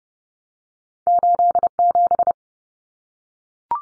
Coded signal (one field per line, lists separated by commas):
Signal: Morse code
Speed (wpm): 30 wpm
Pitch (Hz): 700 Hz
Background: none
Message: 87